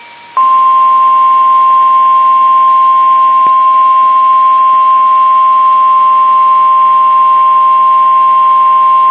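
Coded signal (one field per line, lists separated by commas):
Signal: Emergency Alert System (SAME) tones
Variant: 1050 Hz attention tone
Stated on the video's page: Severe thunderstorm warning EAS alert for Wood County.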